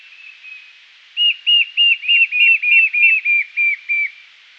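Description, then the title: White-shouldered fire-eye song: a steady series of about a dozen clear, arched whistled notes, roughly three per second, with a second overlapping series mid-way and faint notes before. "LuckyPassaro Completos2Sama. White-shouldered Fire-eye (Pyriglena leucoptera)"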